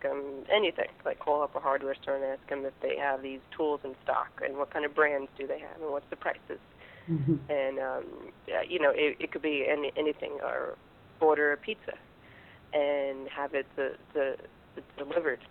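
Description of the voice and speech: Adult woman who stutters speaking, with hesitations, prolonged sounds and pauses. She blocks on phone calls and finds D sounds hard. She had therapy on rate and pausing as a child and adult therapy later, and now uses voluntary stuttering.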